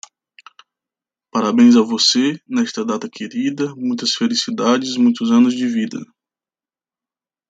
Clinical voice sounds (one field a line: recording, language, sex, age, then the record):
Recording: short text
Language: Brazilian Portuguese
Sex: male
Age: 30 to 39 years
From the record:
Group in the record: control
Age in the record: 30 years